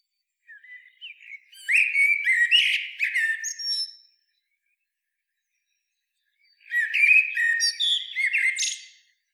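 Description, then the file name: Common blackbird singing two phrases, each starting with low fluting whistles and breaking into high squeaky twittering, separated by a long silence. "Turdus merula"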